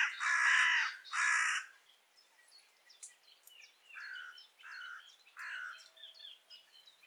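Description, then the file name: Carrion crow giving two loud, harsh caws in quick succession, followed by three fainter hoarse caws, with thin chirps of small birds scattered behind. "Corvus corone"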